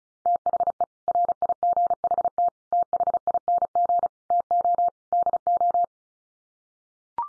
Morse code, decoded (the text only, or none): THE RIGHT THING TO DO